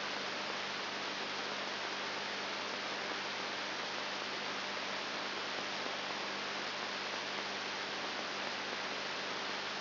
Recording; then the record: brain microelectrode recording played as sound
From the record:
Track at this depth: outside the subthalamic nucleus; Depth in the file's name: 5.9 mm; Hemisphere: left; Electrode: 3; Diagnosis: Parkinson's disease